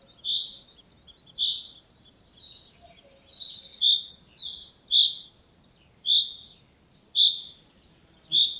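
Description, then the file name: Common chaffinch sharp call notes repeated about once a second, with a burst of varied chirping in the middle. "Fringilla coelebs"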